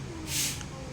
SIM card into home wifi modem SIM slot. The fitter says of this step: So yan. Dapat pag pinasok nyo yan, may maririnig kayong click.